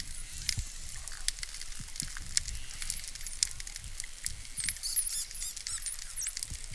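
Dolphin sounds: dense clicks and crackles for most, then high wavering whistles near the end, over steady underwater noise.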